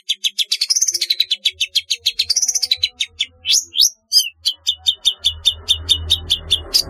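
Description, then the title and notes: Long-tailed shrike song of fast repeated harsh notes, some arched and rising, briefly interrupted by sharp sweeps, then a rapid even stutter of high chips. "Kicau Burung Cendet"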